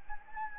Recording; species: mosquito wingbeat signal from an infrared sensor; Anopheles gambiae